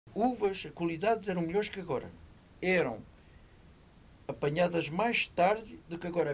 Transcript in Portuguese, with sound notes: Uvas, as qualidades eram melhores que agora. Eram [pausa] apanhadas mais tarde do que agora.